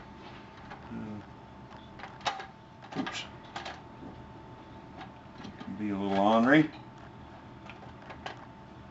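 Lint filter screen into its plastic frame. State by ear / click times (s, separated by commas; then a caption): seated / 7.7 s, 8.3 s. A lint filter screen for a Fisher & Paykel dryer is pressed by hand into its plastic frame while someone talks, with a few sharp handling knocks early on. The frame snaps in with distinct clicks at 7.7 and 8.3 seconds, showing it has seated.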